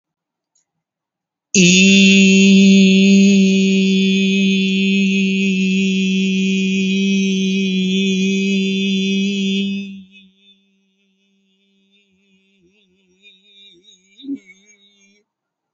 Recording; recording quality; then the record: sustained vowel as in beet; excellent, no background noise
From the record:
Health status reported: healthy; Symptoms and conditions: none ticked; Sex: male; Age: 19 years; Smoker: not ticked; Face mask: not worn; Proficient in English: yes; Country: India